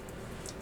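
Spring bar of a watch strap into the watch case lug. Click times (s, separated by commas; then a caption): 0.5 s. A watch strap's spring bar is pressed into the second lug hole of the watch case with a watchmaking tool or a fingernail. Against a steady low hiss, a short, sharp, high-pitched snap is heard at 0.5 s. The spring bar has snapped in and is seated in the lug.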